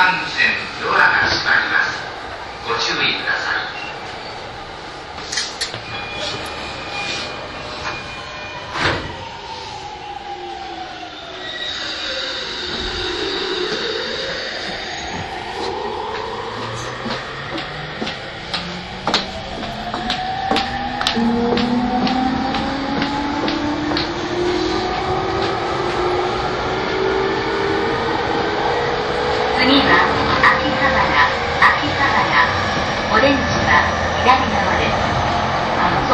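A Yamanote Line E231 train hums with rising and falling motor tones, clicking wheels, and brief speech, growing louder after twenty seconds.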